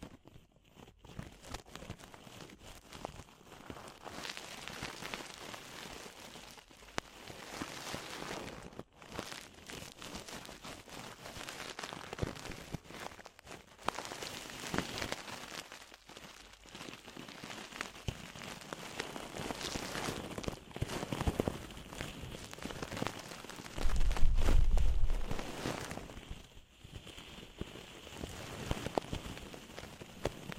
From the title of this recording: DEEP Ear Penetrating Cleaning